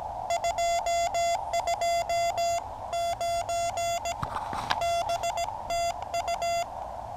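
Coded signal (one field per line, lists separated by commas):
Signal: Morse code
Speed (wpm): 18 wpm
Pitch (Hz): 680 Hz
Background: none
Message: 229 BTU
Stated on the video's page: Morse CW sent on a QCX Mini transceiver.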